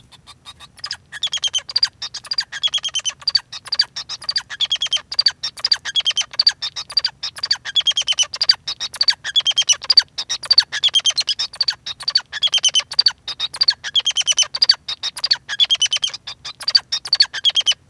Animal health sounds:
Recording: song of a male Bengalese finch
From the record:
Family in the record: son of father 2

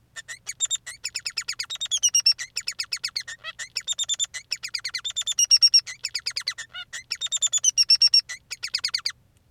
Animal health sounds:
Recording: song of a male Bengalese finch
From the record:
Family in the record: son of father 3

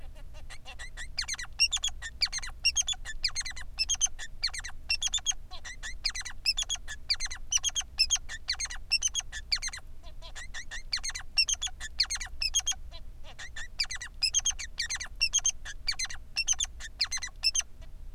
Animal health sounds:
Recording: song of a male Bengalese finch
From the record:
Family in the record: son of father 3

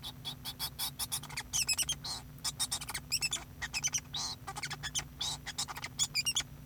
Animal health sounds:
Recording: song of a male Bengalese finch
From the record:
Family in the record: son of father 2

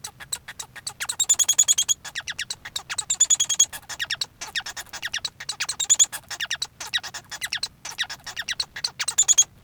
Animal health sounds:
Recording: song of a male Bengalese finch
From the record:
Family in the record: son of father 1

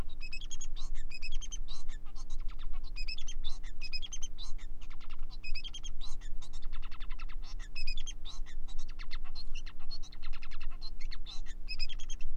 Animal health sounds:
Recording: song of a male Bengalese finch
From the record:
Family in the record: son of father 4

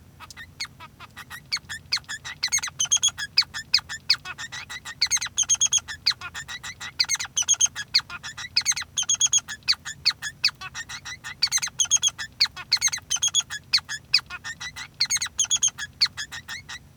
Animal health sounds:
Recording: song of a male Bengalese finch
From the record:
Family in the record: son of father 3

